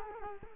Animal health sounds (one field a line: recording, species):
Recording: mosquito wingbeat signal from an infrared sensor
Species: Culex quinquefasciatus